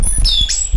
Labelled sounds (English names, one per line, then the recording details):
Stitchbird song
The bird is a male
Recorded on Tiritiri Matangi Island, New Zealand, in 2005
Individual 12, of nest box 16